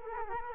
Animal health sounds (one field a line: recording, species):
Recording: mosquito wingbeat signal from an infrared sensor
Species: Culex quinquefasciatus